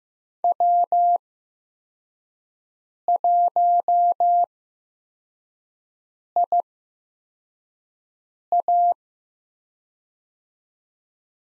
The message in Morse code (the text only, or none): W1IA